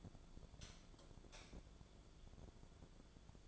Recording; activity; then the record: daily activity, microphone in the room; light off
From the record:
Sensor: 5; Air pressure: 1010.4 hPa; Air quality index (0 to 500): 118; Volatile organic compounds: 2 ppm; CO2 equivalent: 1166 ppm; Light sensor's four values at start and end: 492/1262/521/588 and 490/1255/519/584